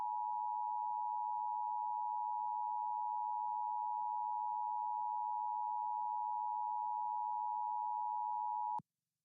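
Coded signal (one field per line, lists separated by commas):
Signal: Emergency Alert System (SAME) tones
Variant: 853 and 960 Hz attention tone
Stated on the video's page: Heard during live AM/MW DX session on Perseus, Elad FDM-S3 and Flex 6400 SDRs with KAZ, Superloop and phased loop antennas.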